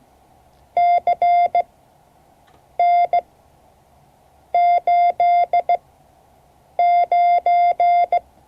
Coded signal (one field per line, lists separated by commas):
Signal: Morse code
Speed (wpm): 17 wpm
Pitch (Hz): 700 Hz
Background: none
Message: CN89